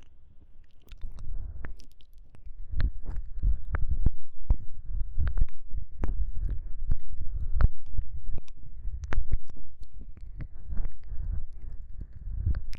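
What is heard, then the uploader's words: Close, wet ear-licking and mouth sounds fill the clip, a dense run of sharp clicks and smacks arriving several times a second over a soft, low rumble. Quiet for the first second or two, then steady and very near throughout. 我比較喜歡使用NT5舔耳的聲音. Deep Ear Licking.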